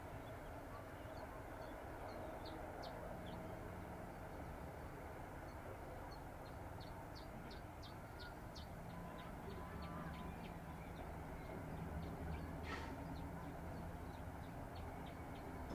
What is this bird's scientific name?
Phylloscopus collybita